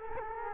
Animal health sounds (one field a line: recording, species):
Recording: mosquito wingbeat signal from an infrared sensor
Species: Culex quinquefasciatus